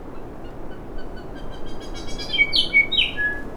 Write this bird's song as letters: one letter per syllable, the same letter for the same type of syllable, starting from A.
A A A A A A A A B B B C D E F G